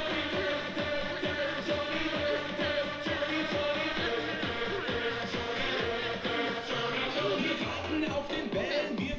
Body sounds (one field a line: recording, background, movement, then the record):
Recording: throat clearing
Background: music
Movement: sitting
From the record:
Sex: female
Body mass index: 18.3 kg/m2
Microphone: on the chest, facing outward